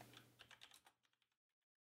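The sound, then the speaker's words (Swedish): Quick, steady typing on a computer keyboard while looking something up, a dense run of crisp clicks that thins out into a few scattered taps before stopping, with a faint low hum underneath at first. “Klickety klickety klack, yes.”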